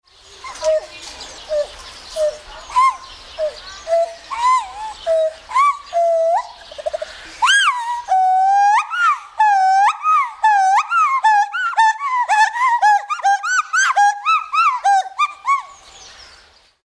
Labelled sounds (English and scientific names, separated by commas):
Pileated Gibbon (Hylobates pileatus)